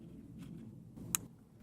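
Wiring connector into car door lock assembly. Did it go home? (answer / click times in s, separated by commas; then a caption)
yes / 1.2 s. An electrical cable connector is pushed onto a new door lock assembly on the front right door of a Mk1 Skoda Fabia (1999–2007) during a door assembly bracket fix. Over a low background rumble, one sharp tick at 1.2 s marks the connector clicking into place. The connector is seated.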